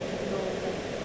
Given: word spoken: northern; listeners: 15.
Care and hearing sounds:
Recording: one English word in noise, from a listening test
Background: speech-shaped noise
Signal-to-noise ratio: -4.5 dB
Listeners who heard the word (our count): 0 of 15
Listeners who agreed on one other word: 10 of 15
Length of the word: 0.65 s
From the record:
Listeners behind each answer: 10, 2, 1, 1, 1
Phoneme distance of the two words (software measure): 27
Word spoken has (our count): 2 syllables, 5 phonemes, stress on syllable 1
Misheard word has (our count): 2 syllables, 4 phonemes, stress on syllable 1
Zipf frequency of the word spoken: 5.09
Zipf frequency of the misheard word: 4.91

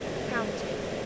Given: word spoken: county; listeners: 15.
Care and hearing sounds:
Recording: one English word in noise, from a listening test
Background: speech-shaped noise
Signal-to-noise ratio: -4.2 dB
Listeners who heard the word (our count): 2 of 15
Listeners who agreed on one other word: 7 of 15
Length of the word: 0.66 s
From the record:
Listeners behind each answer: 7, 4, 2, 1, 1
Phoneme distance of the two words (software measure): 17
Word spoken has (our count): 2 syllables, 5 phonemes, stress on syllable 1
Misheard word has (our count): 2 syllables, 6 phonemes, stress on syllable 1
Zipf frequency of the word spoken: 4.77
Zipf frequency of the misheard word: 3.93

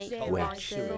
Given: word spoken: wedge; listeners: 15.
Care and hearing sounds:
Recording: one English word in noise, from a listening test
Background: four-talker babble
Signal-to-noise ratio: 0.4 dB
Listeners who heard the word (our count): 2 of 15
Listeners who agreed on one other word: 9 of 15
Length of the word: 0.58 s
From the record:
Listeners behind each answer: 9, 2, 2, 1, 1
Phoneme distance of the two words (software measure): 20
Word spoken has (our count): 1 syllable, 3 phonemes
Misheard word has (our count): 1 syllable, 3 phonemes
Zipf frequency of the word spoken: 3.45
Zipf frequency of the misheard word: 4.06

